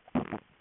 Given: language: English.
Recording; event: throat vibration sensor signal played as sound; swallow